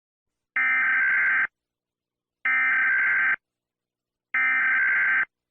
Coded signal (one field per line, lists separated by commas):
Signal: Emergency Alert System (SAME) tones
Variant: header bursts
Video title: USA EAS Alarm